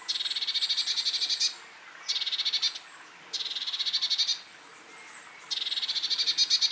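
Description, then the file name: Eurasian blue tit churring: four bursts of rapid buzzy ticking notes with short pauses between. "Cyanistes caeruleus"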